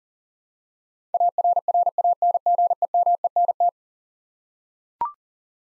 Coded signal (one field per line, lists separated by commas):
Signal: Morse code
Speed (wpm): 40 wpm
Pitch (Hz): 700 Hz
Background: none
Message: ARRANGEMENT